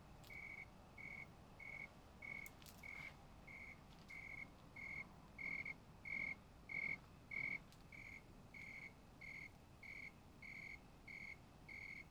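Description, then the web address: Insect call: short, level, tonal pulses repeated evenly at a steady pace over a hissing background, with a few faint clicks. "Insect Set 459"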